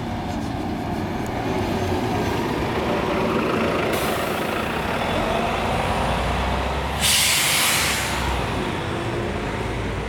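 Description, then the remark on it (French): A bus rumbles past with a steady, loud low engine drone, punctuated by a sharp burst of air-brake hiss partway through and another brief hiss later. “Et le passage d'un bus.”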